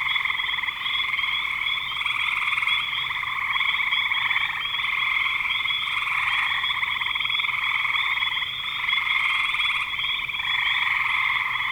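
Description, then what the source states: Frogs calling in a dense chorus of overlapping pulsed trills forming a continuous buzzing drone. Frogs recorded in spring 2025.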